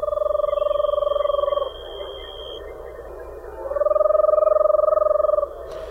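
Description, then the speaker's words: Eastern Screech Owl, a deep monotone whinny: two steady trills, each well over a second long, with a pause between them. Deep monotone whinny made by the adult, heard at dusk or in the middle of the night; the owls do not screech. "Instead, they make a whiny sound, as heard with this first of three examples, this first one, a deep monotone whinny."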